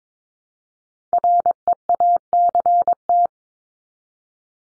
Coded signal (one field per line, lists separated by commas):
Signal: Morse code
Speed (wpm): 22 wpm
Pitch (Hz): 700 Hz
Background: none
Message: REACT